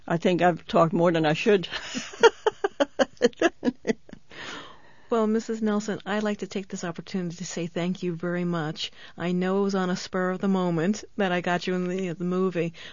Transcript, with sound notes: I think I've talked more than I should! (she laughs)
Well Mrs. Nelson, I'd like to take this opportunity to say thank you very much. I know it was on a spur of the moment that I got you in the movie.